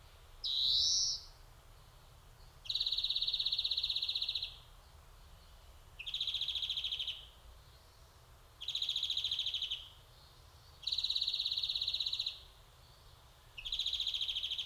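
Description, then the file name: European greenfinch song: a short rising wheeze followed by five long, dry, buzzy trills with short pauses between, the last cut off. "Chloris chloris"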